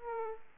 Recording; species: mosquito wingbeat signal from an infrared sensor; Aedes aegypti